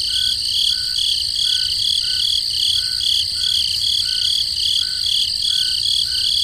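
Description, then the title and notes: Cricket chorus: constant high-pitched trill over steady rhythmic pulsing, with a lower chirp repeated regularly throughout. Crickets in the forest at night. "Peaceful Cricket Sounds at Night - Calming Sounds of Nature. relaxing crickets in the forest at night. Sleep and Relaxation Podcast"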